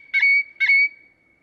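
Great-tailed grackle call: two harsh clacks over a thin steady whistle, a half second apart.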